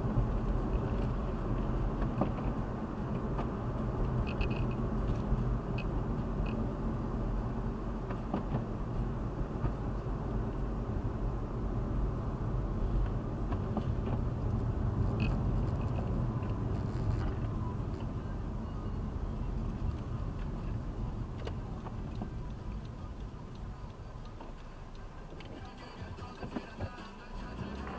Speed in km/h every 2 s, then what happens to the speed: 51, 50, 47, 45, 43, 40, 38, 36, 33, 26, 22, 14, 4, 0.
0-25 slows to 0. 25-28 standing.